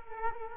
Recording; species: mosquito wingbeat signal from an infrared sensor; Culex quinquefasciatus